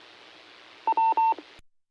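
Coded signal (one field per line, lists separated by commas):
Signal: none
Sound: repeater courtesy tone beeps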